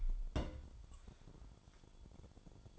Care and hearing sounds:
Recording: daily activity, microphone in the room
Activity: place on stove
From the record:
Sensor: 5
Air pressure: 1008.2 hPa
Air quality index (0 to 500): 113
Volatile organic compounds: 1 ppm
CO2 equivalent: 874 ppm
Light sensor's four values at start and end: 28/61/25/25 and 28/62/26/26

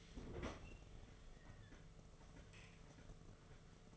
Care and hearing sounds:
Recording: daily activity, microphone in the room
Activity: open fridge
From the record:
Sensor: 4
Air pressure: 1015.9 hPa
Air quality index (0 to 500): 191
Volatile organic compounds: 10 ppm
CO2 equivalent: 2209 ppm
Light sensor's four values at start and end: 18/42/18/19 and 13/30/13/14

